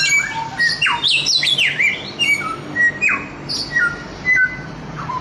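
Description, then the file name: Chinese grosbeak song opening with quick rising and falling whistles and harsh notes, then spaced single whistled notes, some sliding downward. Samyong (Chinese grosbeak) masteran, a song-training recording. "masteran samyong omkicau"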